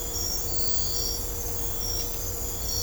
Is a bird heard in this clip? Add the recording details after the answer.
no. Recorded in dense forest near Puerto Asís, Putumayo, Colombia, on 22 December 2024 at 02:30. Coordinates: 0.503, -76.323. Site G043